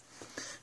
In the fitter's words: And then kind of like it'll snap into place.